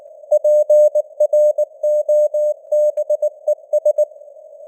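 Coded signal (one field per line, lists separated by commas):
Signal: Morse code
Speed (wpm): 19 wpm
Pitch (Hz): 600 Hz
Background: none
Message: PROBES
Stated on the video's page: Simulated news headlines at 19 wpm with artificial radio noise and varying signal strength (QSB fading).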